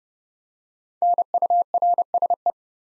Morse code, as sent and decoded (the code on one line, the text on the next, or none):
-. ..- .-. ... .
NURSE